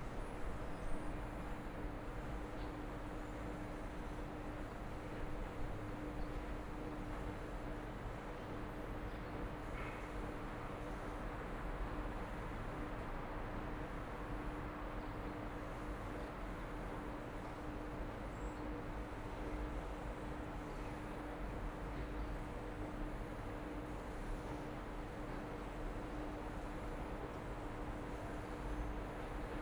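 Steady, even rumble on the Nekkerspoel platform of Mechelen-Nekkerspoel station in Mechelen, Belgium, as an IC train arrives, with a sustained low mechanical hum running underneath and no noticeable rise or fall in loudness; no one speaks.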